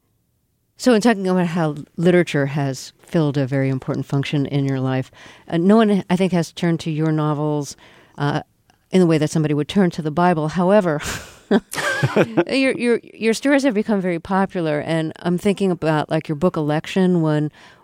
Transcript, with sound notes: So in talking about how literature has filled a very important function in your life, no one, I think, has turned to your novels in a way that somebody would turn to the Bible, however...
(SOUNDBITE OF LAUGHTER)
Your stories have become very popular, and I'm thinking about, like, your book "Election."